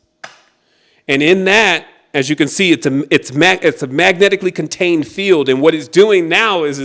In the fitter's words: and then you snap it into place.